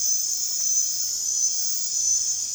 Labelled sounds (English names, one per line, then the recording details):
none
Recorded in dense forest near Puerto Asís, Putumayo, Colombia, on 29 June 2025 at 23:00
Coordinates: 0.468, -76.322
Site GP03